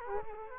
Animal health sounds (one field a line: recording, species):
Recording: mosquito wingbeat signal from an infrared sensor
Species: Culex quinquefasciatus